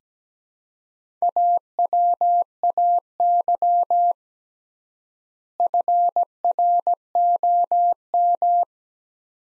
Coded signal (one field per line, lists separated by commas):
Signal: Morse code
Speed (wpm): 17 wpm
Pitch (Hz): 700 Hz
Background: none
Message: AWAY FROM